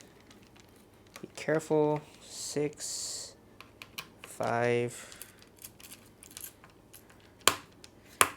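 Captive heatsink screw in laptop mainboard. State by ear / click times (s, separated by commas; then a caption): released / 7.5 s, 8.2 s. Someone talks while a screwdriver loosens the last captive heatsink screws, number five, on an Alienware m18 laptop mainboard, with faint ticks and scrapes along the way. Sharp clicks at 7.5 s and 8.2 s mark the screws clicking free, the sign that the heatsink screws are fully released.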